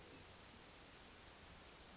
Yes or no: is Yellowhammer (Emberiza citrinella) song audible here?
no